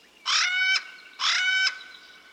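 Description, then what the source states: Hawaiian crow calling twice, each call a loud, raucous, nasal note about half a second long, separated by a short pause in quiet surroundings. Alala, extinct in the wild and kept alive in captivity.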